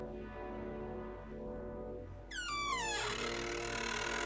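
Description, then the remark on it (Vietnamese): A low droning hum runs steadily until an iron door, unlocked with a key, suddenly creaks open, its loud, shrill squeal sliding downward in pitch over about a second before settling into a rough, lingering scrape. “Cánh cửa sạch ra, phát ra những tiếng kêu ken két đến rợn người.”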